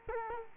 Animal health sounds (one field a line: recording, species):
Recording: mosquito wingbeat signal from an infrared sensor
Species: Culex quinquefasciatus